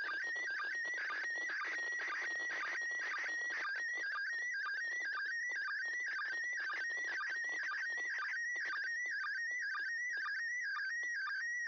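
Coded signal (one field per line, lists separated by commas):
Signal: SSTV (slow-scan television)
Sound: warbling whistle-like tone shifting in pitch with regular low blips, plus crackling clicks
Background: radio crackle, clicks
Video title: SSTV ISS #Expedition63 4/10 Grid Square OI91ik (2)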